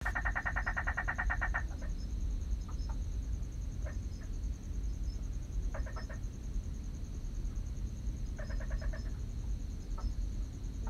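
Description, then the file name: Lesser spiny frog calling in rapid pulsed trains, a long burst then shorter clicks and bursts, over a low rumbling background. "Quasipaa exilispinosa"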